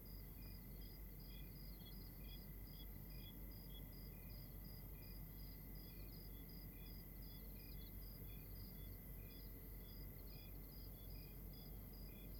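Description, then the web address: Night crickets chirping steadily, rapid repeated pulses from several callers at distinct pitches, over an even high drone and a low rumble. Night ambience recorded in Rwanda. "GDC 2016-Game Audio Bundle Monte Sound - Atmospheres of Rwanda AMB External Rwanda Night Crickets"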